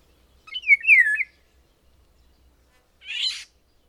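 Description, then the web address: Bird sings a falling, wavering whistled phrase, then after a pause gives a single harsh raspy burst. "madarak enek"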